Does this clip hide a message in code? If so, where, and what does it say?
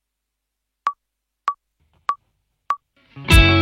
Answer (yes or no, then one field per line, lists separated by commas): no